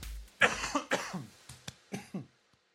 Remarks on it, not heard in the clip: Coughing. I just coughed into the mic, but I tried to turn my head. If you turn your head, it sounds like a full cough into the mic.